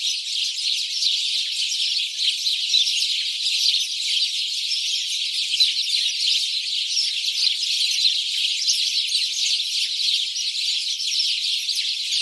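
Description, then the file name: House sparrows calling together, many short bright chirps blending into a steady, unbroken chorus from start to end. "Passer domesticus"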